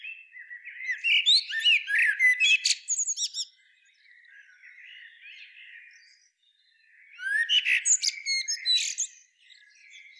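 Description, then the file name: Common blackbird: a squeaky twittering phrase, a soft scratchy interlude, then a second similar burst of high twittered notes. "Turdus merula"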